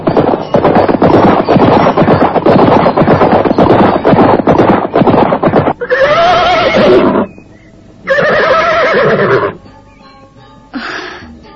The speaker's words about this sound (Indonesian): Nampak dua ekor kuda berlari berkejaran membelah padang. Dari jauh dua ekor kuda itu bagaikan titik-titik hitam yang bergerak lambat.